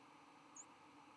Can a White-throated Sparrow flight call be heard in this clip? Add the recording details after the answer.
no. Another species' flight call is heard. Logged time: 08:33 on 11 November 2014